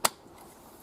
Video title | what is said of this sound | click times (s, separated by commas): Hiboy P6 - Share Joyful Cycling Experiences With Family! | clicks right into place | 0.0 s